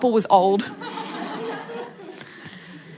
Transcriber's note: laughter